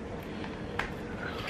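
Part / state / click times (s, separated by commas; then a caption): battery pack into drone battery bay / not seated / none. A newly assembled battery pack in a 3D-printed casing is being slid into the battery bay of a Yuneec Typhoon H drone. Over a steady low background hiss, a soft bump at 0.4 s and a short, sharp tick at 0.8 s are heard as the pack is handled. Nothing has seated or clicked into place yet.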